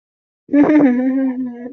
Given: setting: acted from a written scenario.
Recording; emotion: vocal sound without words; adoration